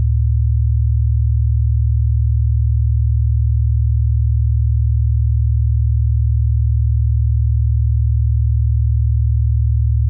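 A 40Hz binaural beat plays as a single deep, smooth tone, holding perfectly steady from start to finish. Nothing sits above the low hum except a faint flutter just over it, and no other sounds or changes in loudness occur.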